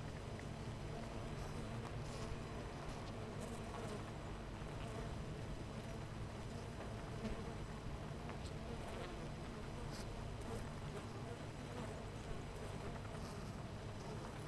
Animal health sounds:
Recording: honeybee colony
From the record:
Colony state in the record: missing queen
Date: 14 July 2017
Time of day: 8:16

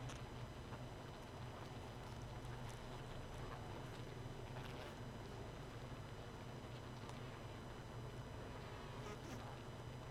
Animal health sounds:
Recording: honeybee colony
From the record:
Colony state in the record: missing queen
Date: 31 May 2018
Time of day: 0:36

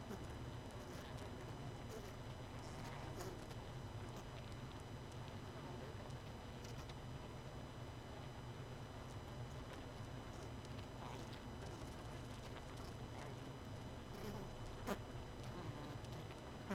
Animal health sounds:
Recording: honeybee colony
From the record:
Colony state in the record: missing queen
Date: 31 May 2018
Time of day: 22:41

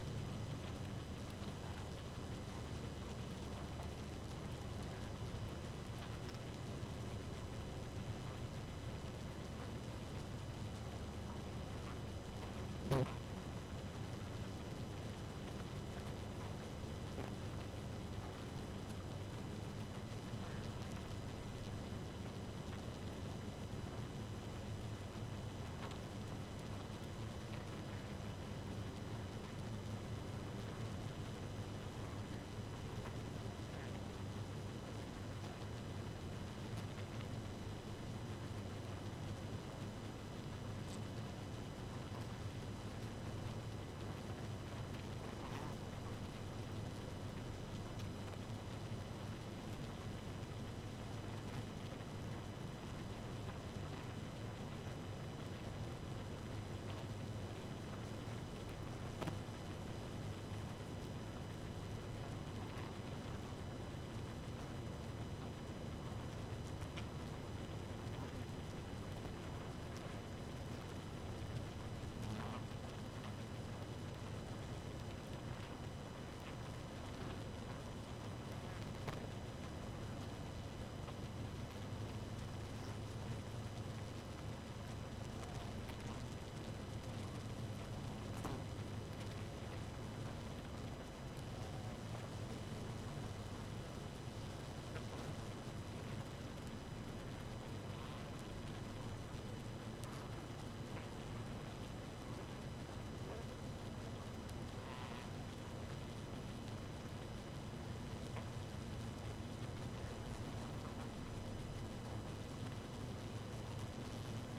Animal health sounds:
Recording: honeybee colony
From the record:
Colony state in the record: active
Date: 12 June 2018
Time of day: 2:30

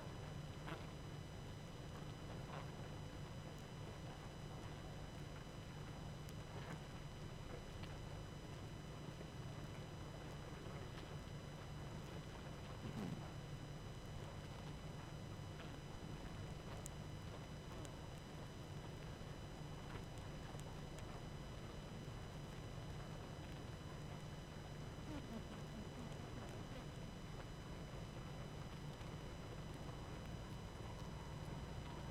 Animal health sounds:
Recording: honeybee colony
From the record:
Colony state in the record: active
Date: 12 June 2018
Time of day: 21:33

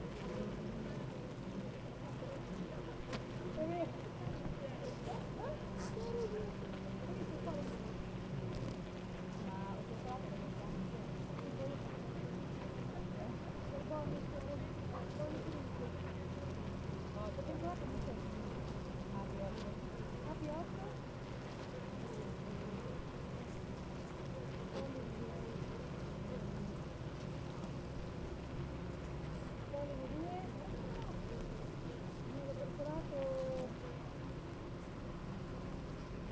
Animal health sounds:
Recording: honeybee colony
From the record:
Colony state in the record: active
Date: 28 July 2017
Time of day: 8:34

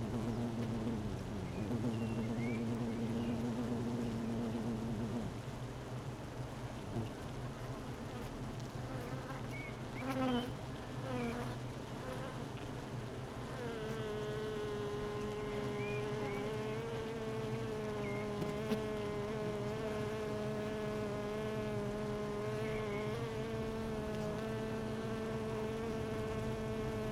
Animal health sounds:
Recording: honeybee colony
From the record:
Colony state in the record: missing queen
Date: 31 May 2018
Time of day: 12:07

